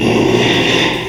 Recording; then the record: squeal of a Yucatan mini pig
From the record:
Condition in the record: after surgery on the right vocal fold (resection and tissue-engineered implant); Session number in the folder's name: 1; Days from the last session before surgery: 6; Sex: male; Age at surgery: 12 weeks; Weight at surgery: 13 kg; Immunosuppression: cyclosporine, prednisolone